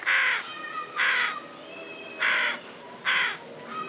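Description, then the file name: Carrion crow calling with four harsh, raspy caws in quick succession, spaced unevenly. "Corvus corone"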